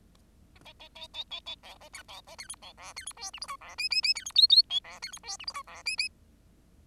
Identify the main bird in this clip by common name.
Bengalese Finch